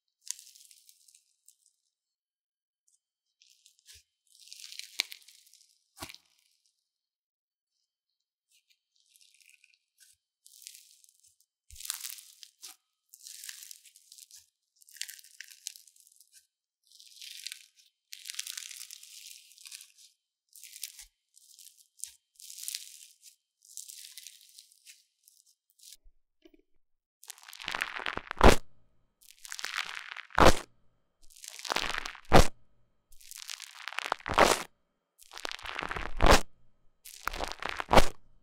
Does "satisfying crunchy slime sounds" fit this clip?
yes